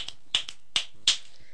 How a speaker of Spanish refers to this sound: Chasquidos chillones. Chasquidos chiquitos. Con más chasquidos chisporroteantes.